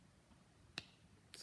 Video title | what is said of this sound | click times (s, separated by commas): Dad Lubricates Garage Door Using B'laster Silicone Spray | push it in you'll hear a little click as you can see we are ready to roll | 0.8 s